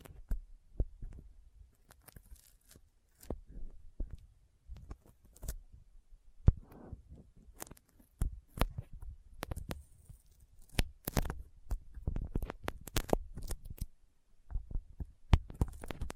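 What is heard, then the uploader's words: Sticky fingers press and peel apart in irregular bursts of sharp, wet clicks and smacks, with soft low thuds between and brief quiet gaps. ASMR Intense Sticky Finger Sounds (No Talking).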